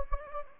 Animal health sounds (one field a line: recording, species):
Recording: mosquito wingbeat signal from an infrared sensor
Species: Anopheles gambiae